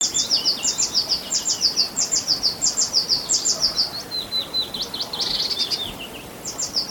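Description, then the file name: Eurasian blue tit singing: sharp, high paired notes rapidly repeated, then a lower trill and a final short run, with constant background hiss. "Cyanistes caeruleus"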